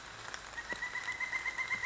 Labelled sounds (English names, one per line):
Pileated Woodpecker